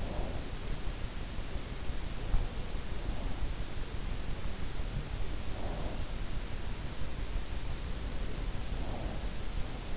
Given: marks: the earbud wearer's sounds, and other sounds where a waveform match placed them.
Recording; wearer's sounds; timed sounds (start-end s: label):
sounds in sleep by an in-ear microphone; breath
0.00-0.41 s: breath
5.43-6.07 s: breath
8.66-9.24 s: breath